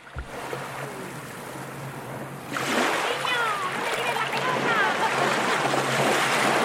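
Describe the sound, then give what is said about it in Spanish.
A steady hiss of waves washing onto a beach, swelling louder after a couple of seconds, with indistinct voices calling out over the surf. “Muy bien, pues oye, otro sitio bonito también así de playa, playero. Con sus sonidos de mar.”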